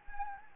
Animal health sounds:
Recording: mosquito wingbeat signal from an infrared sensor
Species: Anopheles gambiae

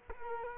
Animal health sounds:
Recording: mosquito wingbeat signal from an infrared sensor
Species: Culex quinquefasciatus

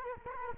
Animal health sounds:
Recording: mosquito wingbeat signal from an infrared sensor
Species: Culex quinquefasciatus

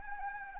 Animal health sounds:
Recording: mosquito wingbeat signal from an infrared sensor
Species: Anopheles arabiensis

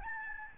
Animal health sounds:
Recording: mosquito wingbeat signal from an infrared sensor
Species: Aedes albopictus

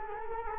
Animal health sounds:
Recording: mosquito wingbeat signal from an infrared sensor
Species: Culex quinquefasciatus

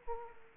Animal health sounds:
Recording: mosquito wingbeat signal from an infrared sensor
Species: Aedes aegypti

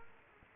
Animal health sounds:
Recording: mosquito wingbeat signal from an infrared sensor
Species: Culex quinquefasciatus

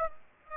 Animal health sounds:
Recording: mosquito wingbeat signal from an infrared sensor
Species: Aedes aegypti

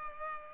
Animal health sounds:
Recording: mosquito wingbeat signal from an infrared sensor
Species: Culex pipiens

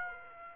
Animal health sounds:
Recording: mosquito wingbeat signal from an infrared sensor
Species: Aedes aegypti

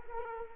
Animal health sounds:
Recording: mosquito wingbeat signal from an infrared sensor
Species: Culex quinquefasciatus

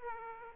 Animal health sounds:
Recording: mosquito wingbeat signal from an infrared sensor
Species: Aedes aegypti

